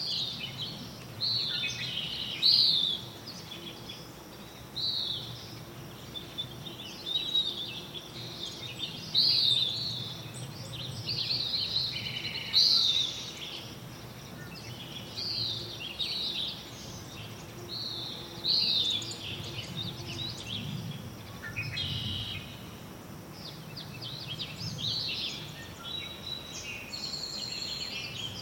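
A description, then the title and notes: Small forest birds chirp and trill in the foreground, with sharp, bright calls recurring every few seconds, strongest around 2, 10, 13 and 19 seconds. A steady insect hiss hangs high above them, while a low, distant roar of traffic and machinery fills the background throughout. A chorus of insects and small forest birds dominate this mid-morning soundscape from the Carman Valley near Calpine, California. The roar of a distant highway and agricultural equipment color the deep background. The microphones were all Sennheiser MKH-8000 series.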